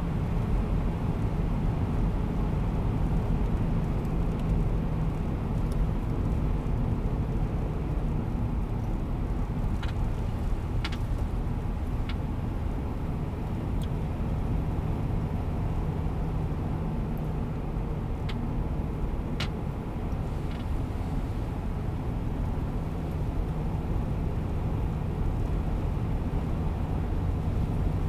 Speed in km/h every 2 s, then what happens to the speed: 92, 92, 85, 83, 79, 79, 82, 84, 84, 83, 83, 83, 83, 86.
0-8 slows to 79. 8-28 steady at about 83.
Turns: none.